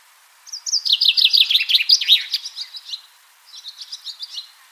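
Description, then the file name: Common chaffinch singing a fast cascading series of sharp notes that tumbles downward for over two seconds, then a softer second phrase begins right after. "Fringilla coelebs"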